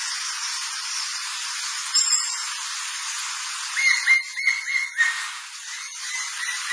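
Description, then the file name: Cream-colored woodpecker calling faintly, a short run of a few notes over a steady hiss of background noise. "Canto do pica pau amarelo"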